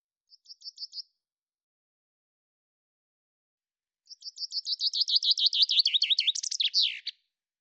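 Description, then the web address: Common chaffinch song: a short trill fragment, then a full series of descending notes ending in a sharp flourish, no other sounds. "Deverinetal 2025 File cleaned normalized Bird Fr Co"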